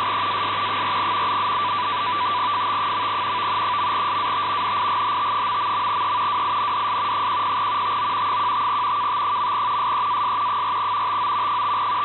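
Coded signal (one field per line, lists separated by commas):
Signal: NAVTEX (SITOR-B)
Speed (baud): 100 baud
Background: radio noise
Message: SEAS 4 FT. .SAT NIGHT...E WINDS 10 TO 15 KT. SEAS 4 TO 5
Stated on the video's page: WLO marine weather broadcast on 8472 kHz USB, received on a Winradio Excalibur Pro with a PAR-SWL antenna plus 106-foot longwire.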